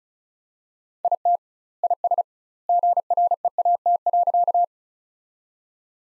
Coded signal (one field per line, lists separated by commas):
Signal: Morse code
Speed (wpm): 34 wpm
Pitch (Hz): 700 Hz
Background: none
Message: IT IS GREAT.